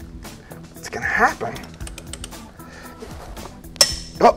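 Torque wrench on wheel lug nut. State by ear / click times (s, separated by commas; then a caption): torque reached / 3.8 s. A socket on a torque wrench tightens a wheel lug nut while someone talks, with short ratcheting ticks around 1.9 to 2.2 seconds. At 3.8 seconds the wrench gives a sharp click, meaning the nut has reached the set torque and is at the right tightness.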